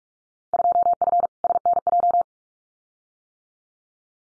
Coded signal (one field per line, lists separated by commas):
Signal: Morse code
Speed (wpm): 44 wpm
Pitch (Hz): 700 Hz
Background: none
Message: 2F SNJ